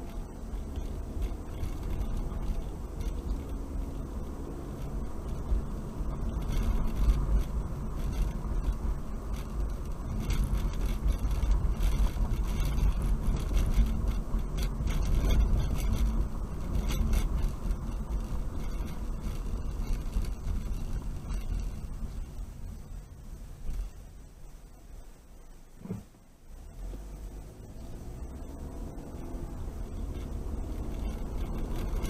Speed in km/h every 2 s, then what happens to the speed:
27, 34, 39, 42, 40, 40, 40, 39, 39, 34, 24, 13, 0, 8, 18, 24.
0-5 speeds up to 42. 5-16 steady at about 40. 16-24 brakes to 0. 25-32 pulls away to 24.